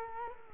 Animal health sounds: mosquito wingbeat signal from an infrared sensor; Culex quinquefasciatus

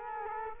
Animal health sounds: mosquito wingbeat signal from an infrared sensor; Culex quinquefasciatus

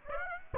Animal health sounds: mosquito wingbeat signal from an infrared sensor; Aedes aegypti

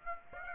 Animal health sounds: mosquito wingbeat signal from an infrared sensor; Aedes aegypti

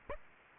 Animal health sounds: mosquito wingbeat signal from an infrared sensor; Aedes aegypti

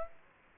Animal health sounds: mosquito wingbeat signal from an infrared sensor; Aedes aegypti

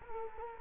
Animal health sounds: mosquito wingbeat signal from an infrared sensor; Culex quinquefasciatus

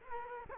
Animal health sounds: mosquito wingbeat signal from an infrared sensor; Culex quinquefasciatus

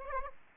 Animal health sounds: mosquito wingbeat signal from an infrared sensor; Aedes aegypti

